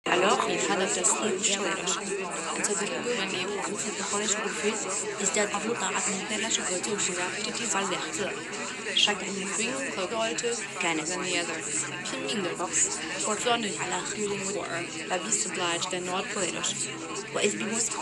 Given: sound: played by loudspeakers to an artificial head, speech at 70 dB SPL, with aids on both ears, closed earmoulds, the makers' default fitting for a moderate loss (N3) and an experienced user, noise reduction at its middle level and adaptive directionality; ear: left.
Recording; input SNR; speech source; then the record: speech test signal (ISTS) in cocktail-party noise; -6 dB; in front (0 degrees)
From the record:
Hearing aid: class 2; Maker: E